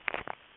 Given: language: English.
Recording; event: throat vibration sensor signal played as sound; swallow